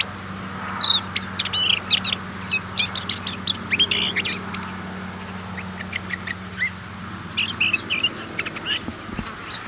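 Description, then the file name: Lesser whitethroat song, a rapid scratchy warble of short high chattering notes in bursts, with a low steady hum underneath throughout. Desert subspecies, recorded at Oshayqer, Saudi Arabia, on 5 February 2011. "Desert Lesser Whitethroat Song Oshayqer KSA 05 02 2011 © Abdul Rahman Al-Sirhan"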